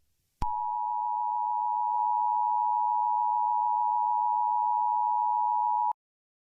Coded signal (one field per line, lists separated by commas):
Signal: Emergency Alert System (SAME) tones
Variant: 853 and 960 Hz attention tone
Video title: Emergency Alert: Southern Militia Forces Gathering